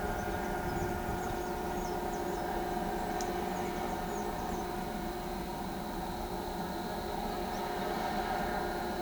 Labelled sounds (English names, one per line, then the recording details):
none
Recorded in pastures near Pivijay, Magdalena, Colombia, on 13 April 2023 at 14:00
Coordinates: 10.456, -74.369
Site P6-G026